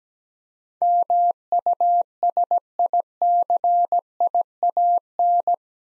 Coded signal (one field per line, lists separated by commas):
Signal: Morse code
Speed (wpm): 17 wpm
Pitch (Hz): 700 Hz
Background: none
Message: MUSICIAN